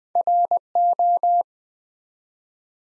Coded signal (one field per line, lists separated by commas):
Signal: Morse code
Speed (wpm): 20 wpm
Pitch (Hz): 700 Hz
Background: none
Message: RO